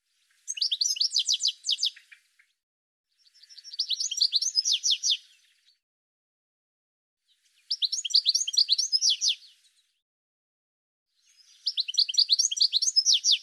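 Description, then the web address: Bird giving four rapid bursts of high, sharp chattering notes, with silence between. "cianscape birddata Deverinetal 2025 File cleaned normalized Bird"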